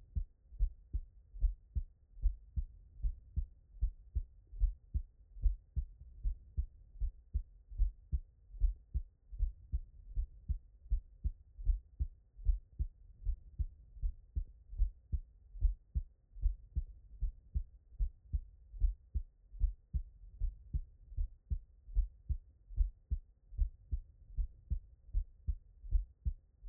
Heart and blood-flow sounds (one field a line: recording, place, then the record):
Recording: heart sounds by stethoscope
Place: tricuspid valve (TV)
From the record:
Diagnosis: non-HFrEF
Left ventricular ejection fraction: 60%